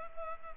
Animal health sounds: mosquito wingbeat signal from an infrared sensor; Culex pipiens

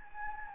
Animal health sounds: mosquito wingbeat signal from an infrared sensor; Anopheles gambiae

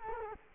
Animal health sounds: mosquito wingbeat signal from an infrared sensor; Culex quinquefasciatus

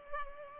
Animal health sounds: mosquito wingbeat signal from an infrared sensor; Culex pipiens

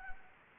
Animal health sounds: mosquito wingbeat signal from an infrared sensor; Anopheles gambiae

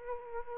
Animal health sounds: mosquito wingbeat signal from an infrared sensor; Aedes aegypti

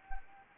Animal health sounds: mosquito wingbeat signal from an infrared sensor; Anopheles gambiae

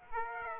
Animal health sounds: mosquito wingbeat signal from an infrared sensor; Aedes aegypti

